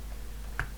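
A plastic/metal part on the rear wheel of a die-cast scale model of the Ghostbusters Ecto 1 car is pressed onto the axle assembly. A single sharp click sounds at 0.6 s over a low steady hum. The part locks into place and is seated.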